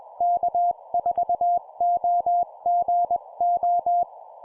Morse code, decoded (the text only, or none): K4OGO